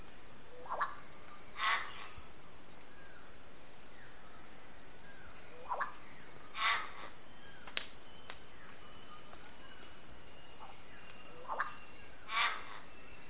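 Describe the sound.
Yellow-faced myna calls: short notes, often in pairs, recurring every few seconds over a steady high insect drone.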